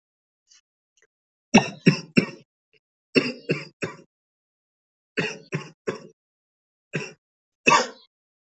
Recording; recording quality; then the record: shallow voluntary cough; excellent, no background noise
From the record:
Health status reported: healthy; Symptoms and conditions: none ticked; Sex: male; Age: 20 years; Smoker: not ticked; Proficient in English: yes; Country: India